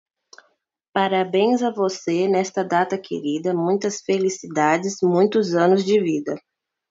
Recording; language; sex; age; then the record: short text; Brazilian Portuguese; female; 20 to 29 years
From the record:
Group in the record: control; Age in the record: 22 years